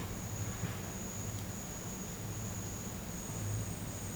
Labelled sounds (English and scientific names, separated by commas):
none